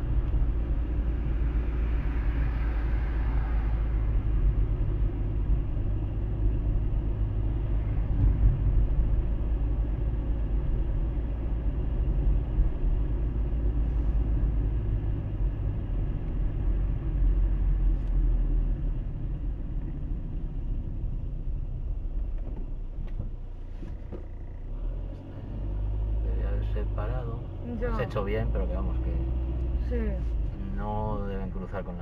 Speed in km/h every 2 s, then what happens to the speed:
40, 38, 36, 38, 39, 40, 40, 36, 32, 24, 11, 0, 0, 11, 16, 9.
0-12 steady at about 39. 12-21 brakes to 0. 21-24 standing. 24-27 pulls away to 16. 29-32 brakes to 9.